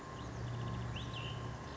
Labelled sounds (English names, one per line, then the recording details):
Cassin's Vireo
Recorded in Sonoma County, California